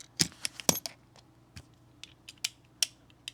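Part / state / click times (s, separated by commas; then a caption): short hex-shank bit adapter into quick-release bit holder / not seated / none. A short-shank hex bit adapter with only 11.2 mm of straight hex shank is pushed into a Klein Tools Fast Bit True Grip quick-release bit holder, producing a cluster of sharp metallic clinks and taps around 0.2–0.9 s and again at about 2.5 s and 2.8 s. The adapter does not lock in, and nothing has seated or clicked into place yet.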